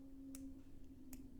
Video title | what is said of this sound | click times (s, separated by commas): My AR-15: Episode Two - In My Sights - Feyachi Flip Up Sights Unboxing | can hear the little click probably and so | 0.4 s, 1.1 s